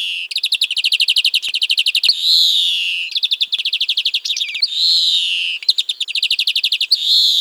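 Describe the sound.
Bird singing a fast, high, rattling trill of repeated chirps that alternates with longer sweeping buzzy notes, the sequence repeating about every two and a half seconds.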